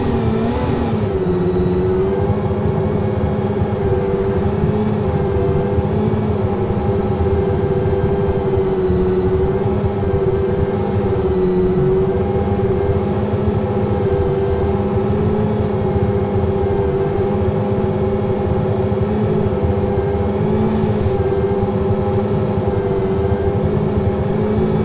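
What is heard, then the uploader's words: Inside a V12 car on track, the engine holds a loud, steady droning whine at nearly constant pitch, with only slight rises and dips. The sound stays dense throughout, with low rumble and road roar underneath and no pauses. Ayrton Senna’s 1991 McLaren MP4-6 Honda V12 In-Car Audio at Sonoma 2023. Climb into the engine bay of Ayrton Senna's F1 world championship-winning 1991 McLaren MP4/6-Honda V12 driven by his countryman and Indy 500 winner Tony Kanaan during the 2023 edition of Velocity Invitational at Sonoma Raceway.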